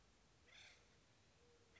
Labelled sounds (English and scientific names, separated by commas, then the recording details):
Acorn Woodpecker (Melanerpes formicivorus)
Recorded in Sonoma County, California